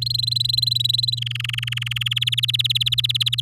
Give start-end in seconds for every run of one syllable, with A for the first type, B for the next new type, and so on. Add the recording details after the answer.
0.01-1.19 A, 1.21-2.13 B, 2.16-3.40 C. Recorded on 8 May 2018 at 13:03. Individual llb16